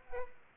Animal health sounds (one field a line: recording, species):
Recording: mosquito wingbeat signal from an infrared sensor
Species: Aedes albopictus